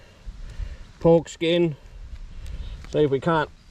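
A yabbie trap is being loaded with bait, chicken and pork skin, while its closure clip is handled. A man talks over a quiet outdoor background with faint rustling. Nothing has seated or clicked yet.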